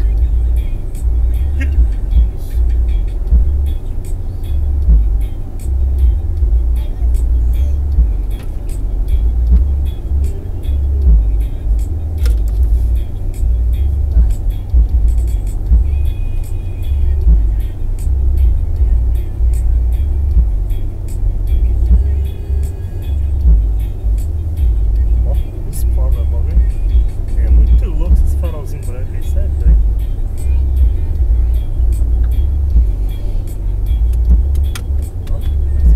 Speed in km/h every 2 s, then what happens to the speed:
87, 86, 85, 85, 87, 88, 88, 87, 87, 87, 88, 88, 89, 89, 89, 88, 88, 87.
0-36 steady at about 87.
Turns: none.